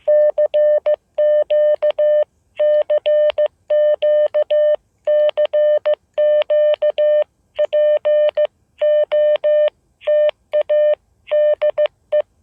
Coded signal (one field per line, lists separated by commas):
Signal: Morse code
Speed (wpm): 15 wpm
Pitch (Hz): 600 Hz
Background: none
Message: CQ CQ CQ POTA DE